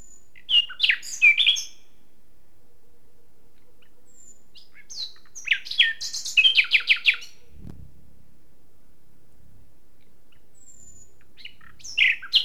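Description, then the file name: Common nightingale song: two bursts of rapid, rattling repeated notes with sharp whistled accents, separated by silence, then a brief phrase starting near the end; one low thud midway. "Luscinia megarhynchos"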